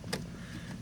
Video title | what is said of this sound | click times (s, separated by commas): Fixing replacing both rear window motor regulators on a pt cruiser 2006 to 2010 | get that pushed into place until it snaps | 0.1 s